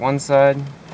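A car radio is being pushed into the dash of a Ford or Mazda, with its side retaining clip pressing toward the dash bracket while someone talks. No click is heard, and nothing has seated or clicked yet.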